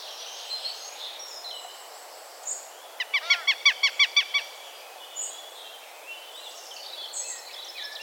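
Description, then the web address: Northern goshawk calling: a short, rapid, evenly spaced series of sharp, nasal kek notes, with soft chirps of other birds and steady background hiss. "Havik Accipiter gentilis"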